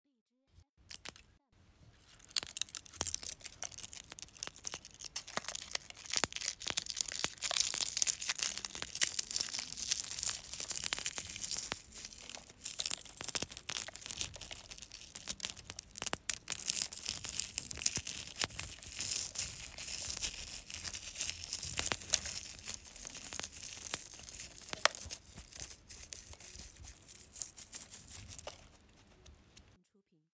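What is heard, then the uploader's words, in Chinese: Dried flowers are handled, producing a dense, continuous rustle of crisp crackles and snaps that starts about two seconds in and runs until nearly the end. The sound is bright and papery, with frequent sharp clicks. 玩干花。窸窸窣窣。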